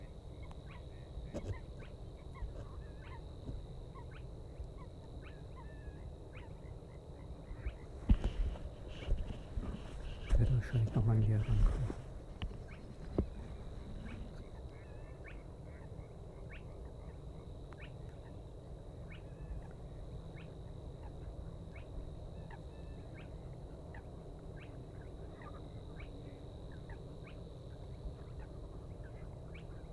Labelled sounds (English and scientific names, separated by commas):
Spotted Crake (Porzana porzana) song